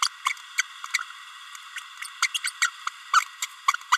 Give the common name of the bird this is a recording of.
Green-rumped Parrotlet